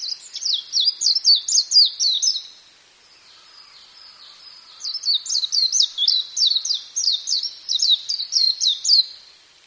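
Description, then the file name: Warbling white-eye song: rapid high-pitched chattering warble of quick slurred notes, delivered in two long bursts separated by a pause of about two seconds. "mejiro"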